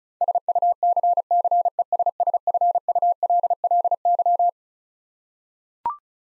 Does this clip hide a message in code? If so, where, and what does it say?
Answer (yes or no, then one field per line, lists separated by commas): yes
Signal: Morse code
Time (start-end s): 0.2-4.5 s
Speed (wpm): 36 wpm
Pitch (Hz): 700 Hz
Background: none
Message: SUCCESSFULLY